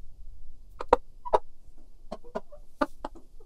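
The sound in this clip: Chicken clucking: a series of short, low, throaty clucks given irregularly, with a brief higher note in the middle and faint low rumble beneath.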